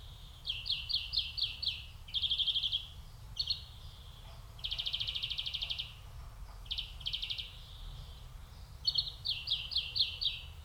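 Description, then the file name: European greenfinch twittering in rapid buzzy bursts and trills, some stuttered and some longer, almost continuous, over a low background rumble. "Chloris chloris"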